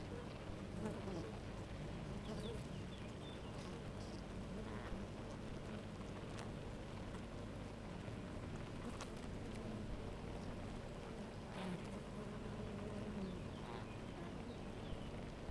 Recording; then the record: honeybee colony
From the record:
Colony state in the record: active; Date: 28 July 2017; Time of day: 9:41